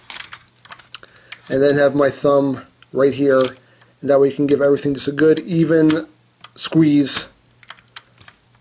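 Someone talks while handling a plastic Mastermind Creations Knight Morpher Cyclops transforming robot toy, positioning a finger and thumb to squeeze the top section evenly so its small hooks engage the robot body. Light clicks and taps of handling are heard at the start and end. Nothing has seated or clicked yet.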